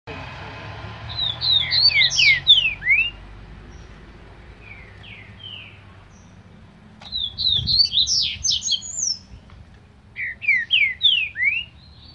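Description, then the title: Green-winged saltator singing several bursts of sweet, slurred whistles, each of a few quick up-and-down notes, separated by pauses. Singing trinca-ferro from a breeder; song type named "Voz 07" (voice 07). "Canto De Trinca Ferro Voz 07. TRINCA FERRO CANTADOR"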